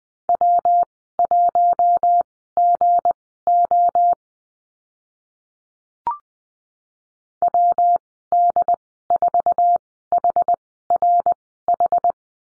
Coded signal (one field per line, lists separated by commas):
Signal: Morse code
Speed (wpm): 20 wpm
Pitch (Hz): 700 Hz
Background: none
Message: W1GO WD4HRH